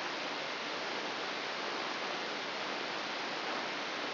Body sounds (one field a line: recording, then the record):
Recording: brain microelectrode recording played as sound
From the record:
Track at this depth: outside the subthalamic nucleus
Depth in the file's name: 6.398 mm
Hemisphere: left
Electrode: 3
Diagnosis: Parkinson's disease